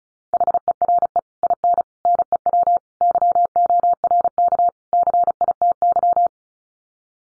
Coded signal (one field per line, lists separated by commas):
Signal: Morse code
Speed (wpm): 34 wpm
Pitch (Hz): 700 Hz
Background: none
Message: HERE IN NEW YORK CITY